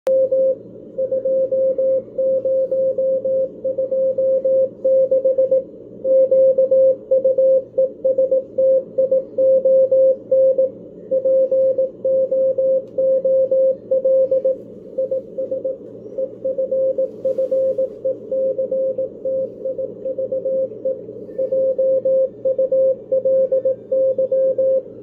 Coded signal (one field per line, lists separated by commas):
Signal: Morse code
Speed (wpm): 18 wpm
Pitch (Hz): 530 Hz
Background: radio noise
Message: M 2026 QUESTION POOL IS EFFECTIVE JULY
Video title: Chinese DSP SDR Malahit clone W1AW morse code CW decode on Android tablet W6LVP loop antenna